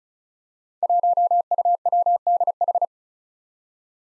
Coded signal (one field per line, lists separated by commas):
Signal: Morse code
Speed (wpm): 36 wpm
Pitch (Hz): 700 Hz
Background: none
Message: 1UWDH